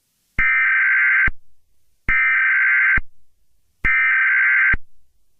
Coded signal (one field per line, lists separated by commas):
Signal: Emergency Alert System (SAME) tones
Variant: header bursts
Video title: Eas Scenario 007 - Attack of the Object Shows